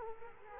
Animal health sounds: mosquito wingbeat signal from an infrared sensor; Culex quinquefasciatus

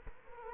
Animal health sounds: mosquito wingbeat signal from an infrared sensor; Culex quinquefasciatus

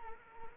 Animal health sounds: mosquito wingbeat signal from an infrared sensor; Anopheles arabiensis

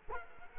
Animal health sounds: mosquito wingbeat signal from an infrared sensor; Culex quinquefasciatus

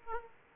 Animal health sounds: mosquito wingbeat signal from an infrared sensor; Aedes aegypti

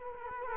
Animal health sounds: mosquito wingbeat signal from an infrared sensor; Culex quinquefasciatus

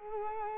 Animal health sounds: mosquito wingbeat signal from an infrared sensor; Culex quinquefasciatus

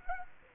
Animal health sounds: mosquito wingbeat signal from an infrared sensor; Culex quinquefasciatus

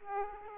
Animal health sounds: mosquito wingbeat signal from an infrared sensor; Aedes aegypti

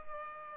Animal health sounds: mosquito wingbeat signal from an infrared sensor; Culex pipiens

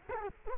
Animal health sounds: mosquito wingbeat signal from an infrared sensor; Culex quinquefasciatus

